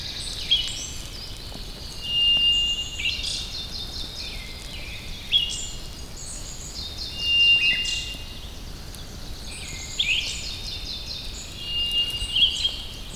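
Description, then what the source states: White's thrush song: flat, even whistles repeated every few seconds, set among a busy chorus of other birds' chirps and warbles. Recorded at Wuying, Heilongjiang, China.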